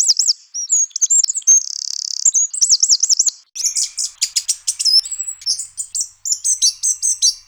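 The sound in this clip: Bird calls, high-pitched chirps and warbling notes with a brief buzzy trill, then rapid clicking ticks and sharp whistled notes in quick bursts.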